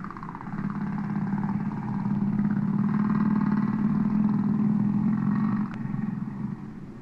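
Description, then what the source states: Humpback whale song: a sustained low moaning tone with a rough, pulsing texture, swelling and then fading, with fainter higher harmonics above. Underwater singing.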